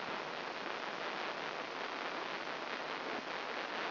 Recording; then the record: brain microelectrode recording played as sound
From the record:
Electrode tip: inside the subthalamic nucleus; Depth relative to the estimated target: -1 mm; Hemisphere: right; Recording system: AlphaMap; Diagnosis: Parkinson's disease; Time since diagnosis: 24 years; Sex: female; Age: 57 years